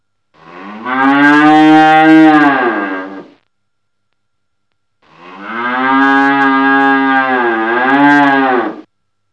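Animal: two long, deep, moo-like calls of a few seconds each, the second wavering slightly, with silence between them.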